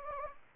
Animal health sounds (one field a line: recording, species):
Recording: mosquito wingbeat signal from an infrared sensor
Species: Anopheles gambiae